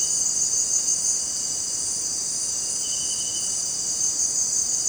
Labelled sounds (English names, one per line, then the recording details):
none
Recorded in dense forest near Puerto Asís, Putumayo, Colombia, on 22 June 2025 at 18:00
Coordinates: 0.484, -76.317
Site G045